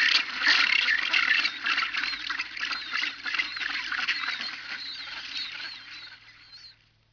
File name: rockhopper